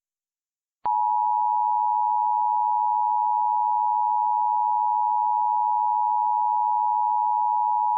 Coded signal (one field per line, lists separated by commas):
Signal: Emergency Alert System (SAME) tones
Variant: 853 and 960 Hz attention tone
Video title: *VALID TONES* SCP 9143: King of the Haunted Zoneguards (EAS Scenario Special)